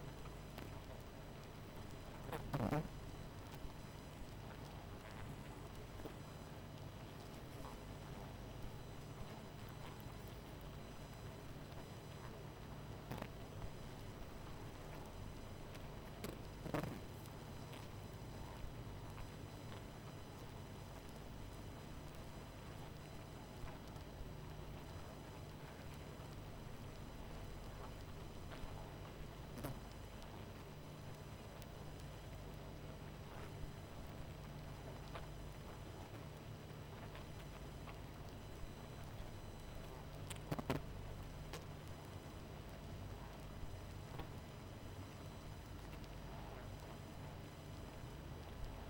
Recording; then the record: honeybee colony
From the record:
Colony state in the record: missing queen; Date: 14 July 2017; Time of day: 22:55